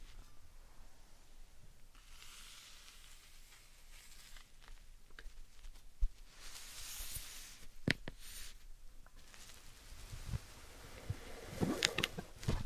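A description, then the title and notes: Slime sand being pressed and squished gives soft, wet crackling and sizzling, with sharper squelches and clicks near 6, 8 and 12 seconds. Satisfying Slime Sand Triggers.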